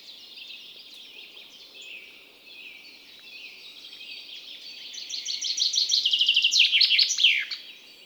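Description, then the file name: Common chaffinch song: after quiet twittering, a rattling cascade of notes grows louder and ends in an emphatic downward flourish. "Fringilla coelebs"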